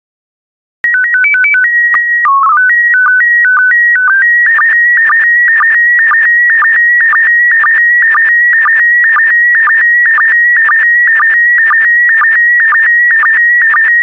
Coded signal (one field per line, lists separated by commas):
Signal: SSTV (slow-scan television)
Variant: PD 120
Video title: 109037 Foxes and Coyotes SSTV PD120